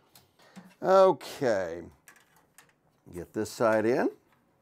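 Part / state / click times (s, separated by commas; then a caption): case side panel with snap ends into mini-ITX PC case frame / not seated / none. Someone talks while pushing one side of a snap-fit plastic/metal side panel with snap ends into the frame of a Jonsbo C6 mini-ITX PC case, with faint handling ticks between the speech. The clip ends before the panel goes home; nothing has seated or clicked yet.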